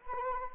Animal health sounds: mosquito wingbeat signal from an infrared sensor; Anopheles arabiensis

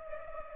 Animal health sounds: mosquito wingbeat signal from an infrared sensor; Culex pipiens

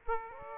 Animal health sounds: mosquito wingbeat signal from an infrared sensor; Aedes aegypti

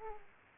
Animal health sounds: mosquito wingbeat signal from an infrared sensor; Aedes aegypti

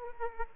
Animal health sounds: mosquito wingbeat signal from an infrared sensor; Aedes aegypti

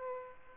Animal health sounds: mosquito wingbeat signal from an infrared sensor; Aedes aegypti

